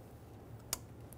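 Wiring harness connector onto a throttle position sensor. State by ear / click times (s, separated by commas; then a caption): seated / 0.7 s. A wiring harness electrical connector is pushed onto the throttle position sensor of a 2000-2007 Ford Focus until its plastic latch clicks. A sharp click is heard at 0.7 s, followed by a much fainter tick near 1.1 s over a low background hum. The connector is seated and locked on.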